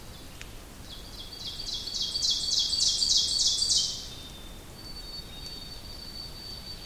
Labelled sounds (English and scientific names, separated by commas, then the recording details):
Ovenbird (Seiurus aurocapilla) song
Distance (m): 15 m
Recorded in boreal forest in Alberta, Canada, on 2 June 2016 at 07:16
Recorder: SongMeter 3, array SBT-3-7
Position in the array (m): 138 m, 135 m
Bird 8